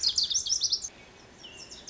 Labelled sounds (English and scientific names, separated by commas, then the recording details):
Lazuli Bunting (Passerina amoena)
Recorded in Sonoma County, California